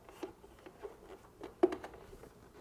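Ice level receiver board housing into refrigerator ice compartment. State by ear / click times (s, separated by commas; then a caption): not seated / none. The plastic housing of a Whirlpool refrigerator's ice level receiver control board (part W11813704), with its electrical connector already reconnected, is handled and its locking tabs are angled into the ice compartment. Soft taps and light rustling are heard, with a sharper tap near 1.6 s and a few smaller ones after it. The housing has not snapped or seated yet.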